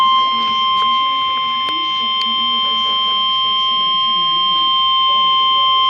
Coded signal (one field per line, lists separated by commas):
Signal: Emergency Alert System (SAME) tones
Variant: 1050 Hz attention tone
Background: speech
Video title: Special Marine Warning (EAS #177)